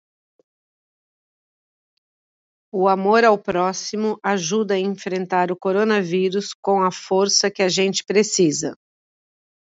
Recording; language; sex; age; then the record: spoken sentence; Brazilian Portuguese; female; 50 to 59 years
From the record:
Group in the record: control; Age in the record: 55 years